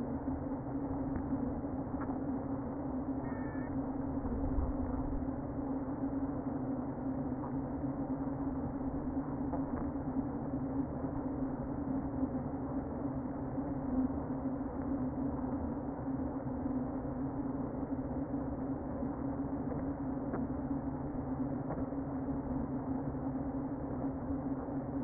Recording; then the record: honeybee colony, microphone inside the hive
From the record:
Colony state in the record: queen present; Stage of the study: before two queens were removed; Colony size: about 60,000 bees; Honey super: yes